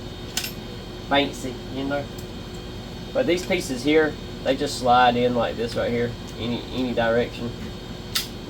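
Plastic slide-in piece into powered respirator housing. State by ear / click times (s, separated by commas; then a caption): seated / 8.2 s. Plastic slide-in pieces are pushed into a reassembled Cleanspace Halo powered respirator housing while someone talks over a steady background hum. A single sharp tick at 8.2 s marks a piece clicking into place, seated in the housing.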